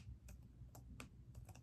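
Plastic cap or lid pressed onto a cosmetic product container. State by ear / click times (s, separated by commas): not seated / none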